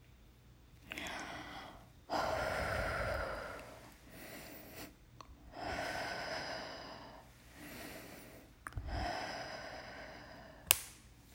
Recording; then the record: deep breathing after running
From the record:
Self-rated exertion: light exertion (2 of 6); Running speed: 6 miles an hour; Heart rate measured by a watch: 116 beats a minute at the start, 119 at the end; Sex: female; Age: 28 years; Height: 155 cm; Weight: 44 kg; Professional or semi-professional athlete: no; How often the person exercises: 3 to 5 times a week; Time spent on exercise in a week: over 5 hours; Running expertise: yes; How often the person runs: 3 to 5 times a week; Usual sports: running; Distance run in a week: 45 km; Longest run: 32 km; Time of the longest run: 200 minutes